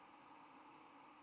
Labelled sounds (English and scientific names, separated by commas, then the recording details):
White-throated Sparrow (Zonotrichia albicollis) flight call
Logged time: 08:16 on 10 November 2014